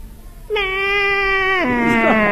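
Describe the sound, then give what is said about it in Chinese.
A voice imitates the neigh of a trained, docile horse with one long, loud, high, steady nasal cry that abruptly drops lower and wavers at the end, sounding more like a bleat than a whinny. “你看我那个马一叫唤都这个声音。”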